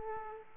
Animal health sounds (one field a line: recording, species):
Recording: mosquito wingbeat signal from an infrared sensor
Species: Aedes aegypti